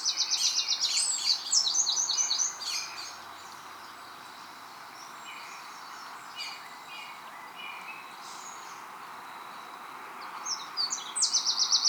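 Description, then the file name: Eurasian wren with rapid, high, metallic trilled bursts at the start and again at the end, a quieter stretch of scattered faint notes between, steady hiss underneath. "Troglodytes troglodytes"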